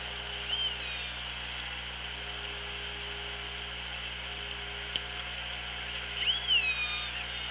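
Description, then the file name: Orca calls: two short harmonic calls, one near the start and one near the end, over constant underwater hiss and hum. Recorded on the OrcaLab hydrophone, 24 August 2017, 16:17. "Orca Lab 20170824 161757"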